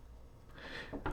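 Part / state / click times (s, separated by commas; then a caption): multi-tool lock piece seating into its handle / seated / 1.1 s. The lock piece on a folding multi-tool is pressed down into its handle, with faint handling rustle building before a single sharp click at 1.1 s. The lock seats and locks all the way down.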